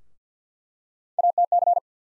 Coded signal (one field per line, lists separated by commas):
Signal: Morse code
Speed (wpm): 50 wpm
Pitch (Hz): 700 Hz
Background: none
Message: ATC